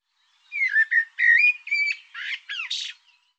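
Bird song: a varied phrase of whistled slurred notes, some rising and falling, ending in a few buzzier, higher chirps.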